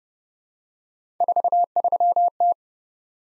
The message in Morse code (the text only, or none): 43T